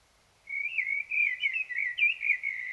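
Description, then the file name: Common blackbird singing a continuous, rich, fluty warble that rolls up and down for about two seconds. "Turdus merula"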